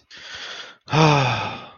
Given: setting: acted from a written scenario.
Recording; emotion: vocal sound without words; disappointment